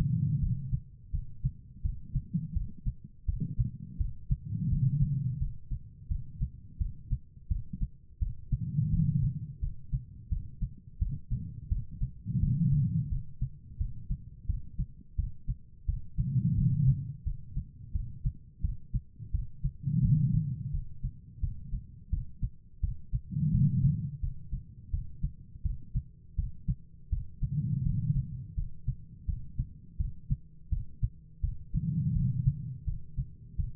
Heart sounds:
heart sounds by stethoscope; 85 bpm
0.40 s: heartbeat
1.11 s: heartbeat
1.82 s: heartbeat
2.54 s: heartbeat
3.26 s: heartbeat
3.98 s: heartbeat
4.69 s: heartbeat
5.39 s: heartbeat
6.08 s: heartbeat
6.78 s: heartbeat
7.48 s: heartbeat
8.19 s: heartbeat
8.91 s: heartbeat
9.60 s: heartbeat
10.29 s: heartbeat
10.99 s: heartbeat
11.69 s: heartbeat
12.40 s: heartbeat
13.09 s: heartbeat
13.78 s: heartbeat
14.47 s: heartbeat
15.16 s: heartbeat
15.86 s: heartbeat
16.55 s: heartbeat
17.24 s: heartbeat
17.93 s: heartbeat
18.62 s: heartbeat
19.32 s: heartbeat
20.02 s: heartbeat
20.72 s: heartbeat
21.41 s: heartbeat
22.10 s: heartbeat
22.81 s: heartbeat
23.51 s: heartbeat
24.21 s: heartbeat
24.91 s: heartbeat
25.63 s: heartbeat
26.36 s: heartbeat
27.10 s: heartbeat
27.83 s: heartbeat
28.55 s: heartbeat
29.26 s: heartbeat
29.97 s: heartbeat
30.70 s: heartbeat
31.41 s: heartbeat
32.13 s: heartbeat
32.85 s: heartbeat
33.57 s: heartbeat
From the record:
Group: healthy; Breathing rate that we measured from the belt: 15 breaths a minute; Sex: female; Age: 51 years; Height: 162 cm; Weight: 70.04 kg

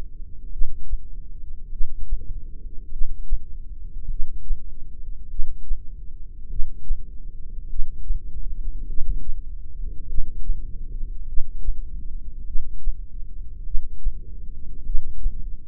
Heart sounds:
heart sounds by microphone in the left ear; 50 bpm
0.53 s: heartbeat
1.72 s: heartbeat
2.92 s: heartbeat
4.10 s: heartbeat
5.31 s: heartbeat
6.51 s: heartbeat
7.70 s: heartbeat
8.89 s: heartbeat
10.09 s: heartbeat
11.28 s: heartbeat
12.47 s: heartbeat
13.66 s: heartbeat
14.86 s: heartbeat
From the record:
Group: heart failure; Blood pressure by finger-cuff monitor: 117/66 mmHg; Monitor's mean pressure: 83 mmHg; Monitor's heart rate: 50 bpm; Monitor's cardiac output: 4.3 L/min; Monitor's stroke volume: 87 mL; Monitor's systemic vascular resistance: 1390 dyn s/cm5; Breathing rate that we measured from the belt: 15 breaths a minute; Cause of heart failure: cardiac sarcoid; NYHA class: 1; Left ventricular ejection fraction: 39%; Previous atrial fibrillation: present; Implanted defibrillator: present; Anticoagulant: apixaban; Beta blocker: carvedilol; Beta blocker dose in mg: 50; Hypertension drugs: ramipril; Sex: male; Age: 79 years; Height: 184 cm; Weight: 92.5 kg

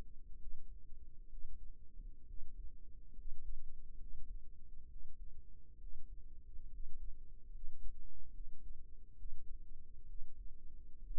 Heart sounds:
heart sounds by microphone in the right ear; 68 bpm
0.39 s: heartbeat
1.29 s: heartbeat
2.26 s: heartbeat
3.15 s: heartbeat
3.97 s: heartbeat
4.88 s: heartbeat
5.79 s: heartbeat
6.70 s: heartbeat
7.51 s: heartbeat
8.32 s: heartbeat
9.17 s: heartbeat
10.07 s: heartbeat
11.02 s: heartbeat
From the record:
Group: healthy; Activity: cold pressor test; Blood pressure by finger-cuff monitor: 116/67 mmHg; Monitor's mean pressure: 80 mmHg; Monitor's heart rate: 68 bpm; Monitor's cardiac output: 6.1 L/min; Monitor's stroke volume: 90 mL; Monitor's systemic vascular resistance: 940 dyn s/cm5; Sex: male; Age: 22 years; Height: 181 cm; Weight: 79 kg

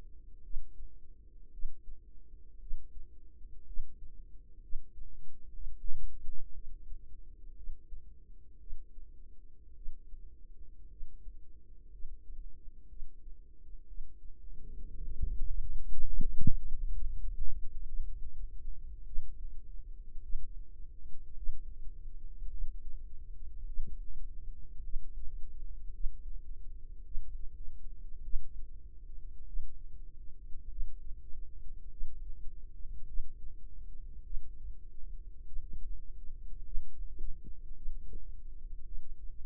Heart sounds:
heart sounds by microphone in the right ear; 55 bpm
0.41 s: heartbeat
1.50 s: heartbeat
2.58 s: heartbeat
3.64 s: heartbeat
4.60 s: heartbeat
5.52 s: heartbeat
6.52 s: heartbeat
7.54 s: heartbeat
8.58 s: heartbeat
9.74 s: heartbeat
10.88 s: heartbeat
11.90 s: heartbeat
12.87 s: heartbeat
13.86 s: heartbeat
14.92 s: heartbeat
15.77 s: heartbeat
16.68 s: heartbeat
17.85 s: heartbeat
19.03 s: heartbeat
20.19 s: heartbeat
21.33 s: heartbeat
22.48 s: heartbeat
23.64 s: heartbeat
24.79 s: heartbeat
25.90 s: heartbeat
27.02 s: heartbeat
28.21 s: heartbeat
29.44 s: heartbeat
30.67 s: heartbeat
31.87 s: heartbeat
33.04 s: heartbeat
34.21 s: heartbeat
35.43 s: heartbeat
36.61 s: heartbeat
37.73 s: heartbeat
38.82 s: heartbeat
From the record:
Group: healthy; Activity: rest 0-15 s, Valsalva maneuver 15-40 s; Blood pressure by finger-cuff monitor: 102/69 mmHg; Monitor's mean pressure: 77 mmHg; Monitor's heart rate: 52 bpm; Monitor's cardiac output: 4.2 L/min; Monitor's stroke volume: 75 mL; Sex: female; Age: 36 years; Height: 163 cm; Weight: 88 kg

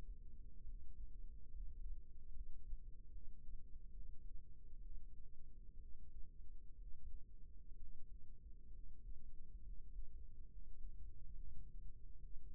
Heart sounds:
heart sounds by microphone in the right ear; 68 bpm
0.63 s: heartbeat
1.50 s: heartbeat
2.31 s: heartbeat
3.10 s: heartbeat
3.91 s: heartbeat
4.80 s: heartbeat
5.77 s: heartbeat
6.76 s: heartbeat
7.75 s: heartbeat
8.70 s: heartbeat
9.61 s: heartbeat
10.47 s: heartbeat
11.33 s: heartbeat
12.18 s: heartbeat
From the record:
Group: healthy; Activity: rest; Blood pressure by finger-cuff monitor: 138/69 mmHg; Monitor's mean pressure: 89 mmHg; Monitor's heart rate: 67 bpm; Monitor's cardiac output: 5.9 L/min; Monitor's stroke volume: 91 mL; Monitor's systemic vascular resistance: 1100 dyn s/cm5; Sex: female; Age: 37 years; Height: 168 cm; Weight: 70 kg

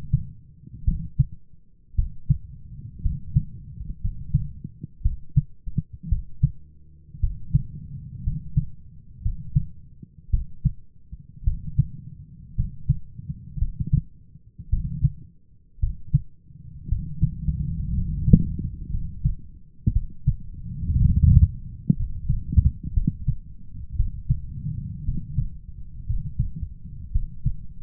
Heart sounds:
heart sounds by stethoscope; 57 bpm
0.84 s: heartbeat
1.95 s: heartbeat
3.01 s: heartbeat
4.00 s: heartbeat
5.01 s: heartbeat
6.08 s: heartbeat
7.19 s: heartbeat
8.22 s: heartbeat
9.21 s: heartbeat
10.30 s: heartbeat
11.43 s: heartbeat
12.55 s: heartbeat
13.58 s: heartbeat
14.69 s: heartbeat
15.79 s: heartbeat
16.88 s: heartbeat
17.93 s: heartbeat
18.90 s: heartbeat
19.92 s: heartbeat
20.98 s: heartbeat
21.95 s: heartbeat
22.93 s: heartbeat
23.95 s: heartbeat
25.04 s: heartbeat
26.06 s: heartbeat
27.11 s: heartbeat
From the record:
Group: healthy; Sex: male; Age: 23 years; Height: 178 cm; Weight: 96.6 kg

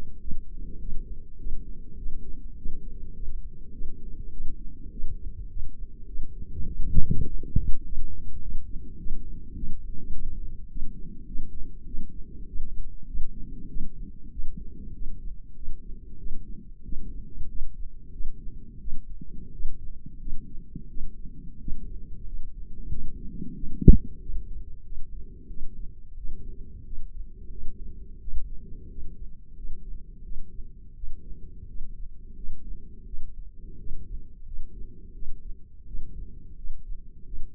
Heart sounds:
heart sounds by microphone in the left ear; 94 bpm
0.21 s: heartbeat
0.81 s: heartbeat
1.39 s: heartbeat
1.98 s: heartbeat
2.58 s: heartbeat
3.15 s: heartbeat
3.73 s: heartbeat
4.32 s: heartbeat
4.91 s: heartbeat
5.49 s: heartbeat
6.07 s: heartbeat
6.67 s: heartbeat
7.27 s: heartbeat
7.85 s: heartbeat
8.41 s: heartbeat
8.98 s: heartbeat
9.56 s: heartbeat
10.13 s: heartbeat
10.69 s: heartbeat
11.27 s: heartbeat
11.87 s: heartbeat
12.47 s: heartbeat
13.07 s: heartbeat
13.69 s: heartbeat
14.31 s: heartbeat
14.94 s: heartbeat
15.55 s: heartbeat
16.18 s: heartbeat
16.84 s: heartbeat
17.48 s: heartbeat
18.12 s: heartbeat
18.80 s: heartbeat
19.52 s: heartbeat
20.19 s: heartbeat
20.89 s: heartbeat
21.60 s: heartbeat
22.26 s: heartbeat
22.90 s: heartbeat
23.55 s: heartbeat
24.21 s: heartbeat
24.84 s: heartbeat
25.48 s: heartbeat
26.17 s: heartbeat
26.85 s: heartbeat
27.50 s: heartbeat
28.20 s: heartbeat
28.90 s: heartbeat
29.56 s: heartbeat
30.23 s: heartbeat
30.96 s: heartbeat
31.68 s: heartbeat
32.35 s: heartbeat
33.06 s: heartbeat
33.78 s: heartbeat
34.45 s: heartbeat
35.14 s: heartbeat
35.86 s: heartbeat
36.56 s: heartbeat
37.25 s: heartbeat
From the record:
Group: healthy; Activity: rest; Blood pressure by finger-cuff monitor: 161/81 mmHg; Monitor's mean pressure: 103 mmHg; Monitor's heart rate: 93 bpm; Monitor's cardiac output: 8.3 L/min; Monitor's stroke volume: 90 mL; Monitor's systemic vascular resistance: 900 dyn s/cm5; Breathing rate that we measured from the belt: 26 breaths a minute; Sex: female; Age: 22 years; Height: 154 cm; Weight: 58.7 kg

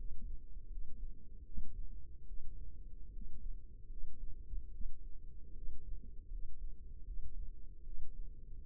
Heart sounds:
heart sounds by microphone in the left ear; 76 bpm
0.68 s: heartbeat
1.43 s: heartbeat
2.25 s: heartbeat
3.11 s: heartbeat
3.87 s: heartbeat
4.70 s: heartbeat
5.53 s: heartbeat
6.29 s: heartbeat
7.03 s: heartbeat
7.83 s: heartbeat
8.62 s: heartbeat
From the record:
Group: healthy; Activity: rest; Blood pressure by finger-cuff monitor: 82/51 mmHg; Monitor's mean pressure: 63 mmHg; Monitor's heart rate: 77 bpm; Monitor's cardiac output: 6.4 L/min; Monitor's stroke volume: 83 mL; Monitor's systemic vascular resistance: 700 dyn s/cm5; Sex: female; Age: 22 years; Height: 163 cm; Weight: 67.1 kg

